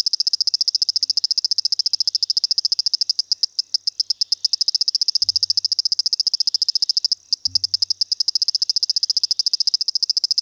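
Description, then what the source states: Dwarf swamp frog pulsing out a long run of high, rapid clicks, with a short break near seven seconds and a couple of soft low thumps. Pseudopaludicola motorzinho, described as a new species.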